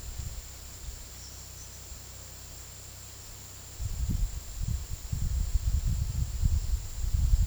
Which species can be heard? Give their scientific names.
none